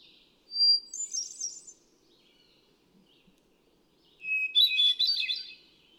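Two hermit thrush phrases, each a whistled opening note followed by quick, ringing, flute-like warbles, with a pause of about two seconds between them.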